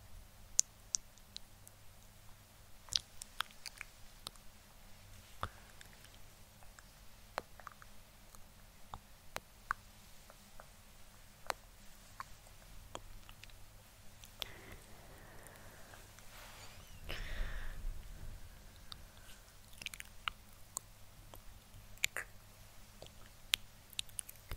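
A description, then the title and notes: Soft mouth sounds and tongue clicks pop out as sharp, scattered ticks every second or so over a quiet, steady low hum. Around seventeen seconds a brief rustling, scratching burst swells, then the sparse clicking resumes. INTENSE LAYERED SOUNDS~ Helping You SleepRelax(Mouth Sounds, Scratching, Tongue Clicking).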